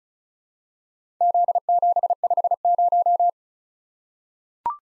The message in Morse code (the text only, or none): Z750